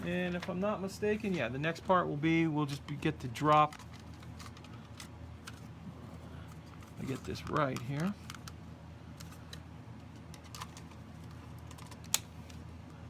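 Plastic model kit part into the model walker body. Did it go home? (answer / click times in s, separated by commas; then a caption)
yes / 12.1 s. Someone talks while pushing a small plastic part into the body of a Bandai 1/144 scale Star Wars AT-AT walker model kit. Faint handling taps follow under low background noise, then a sharp click at 12.1 s as the part snaps into place and seats.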